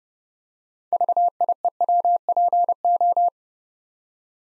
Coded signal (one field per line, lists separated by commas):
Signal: Morse code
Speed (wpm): 30 wpm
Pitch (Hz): 700 Hz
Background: none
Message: VIEWPO